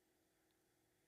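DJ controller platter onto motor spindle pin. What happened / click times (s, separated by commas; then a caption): Handled, not yet seated: no click from the part going home / none. A Rane One MkII DJ controller's platter assembly is being handled on the motor spindle: it has been lined up and put on, and is turned by hand so that the spring-loaded pin in the spindle hole will click onto the spindle pin. Only a low, steady noise is heard, with a faint brief higher tone around 0.5 s. Nothing has clicked or seated yet.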